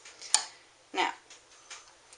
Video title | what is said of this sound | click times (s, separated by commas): How to thread a Japane-made Class 15 Sewing Machine | slide it onto the peg until it clicks | 0.3 s